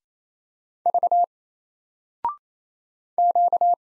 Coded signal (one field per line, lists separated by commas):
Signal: Morse code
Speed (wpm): 27 wpm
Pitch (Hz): 700 Hz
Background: none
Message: V Q